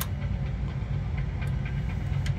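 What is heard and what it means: A print head carriage on a Roland TrueVIS VG/VG2/VG3/SG/SG2/SG3 300/540/640 wide-format printer is parked back over its capping station and pushed toward its lock position. A steady low hum fills the clip, with faint brief ticks near 0.0, 1.2 and 2.3 seconds. Nothing has seated or locked yet.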